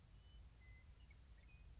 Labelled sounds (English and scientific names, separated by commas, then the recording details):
Western Meadowlark (Sturnella neglecta)
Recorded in Sonoma County, California